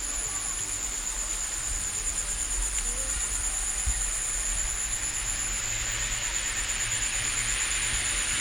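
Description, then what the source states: Crickets trill shrilly while a soft hiss swells in the second half, with a single knock midway. Crickets recorded in a village on Bali.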